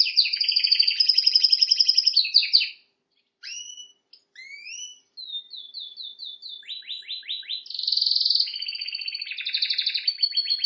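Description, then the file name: Canary singing a varied song of rapid rolling trills, a brief pause, scattered upslurred whistles, then quick repeated downslurred notes and a loud buzzy roll. "Canary Voice"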